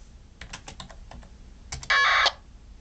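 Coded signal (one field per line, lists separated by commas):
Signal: packet radio (AX.25, as in APRS)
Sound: several soft clicks, then one short harsh warbling data burst under half a second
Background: keyboard typing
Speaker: I have my HT this is a V x7r and it's tuned to the same frequency so you'll be able to hear what the packet signal sounds like so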